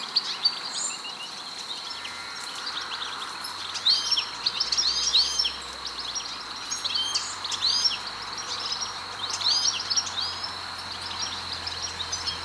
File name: Carduelis carduelis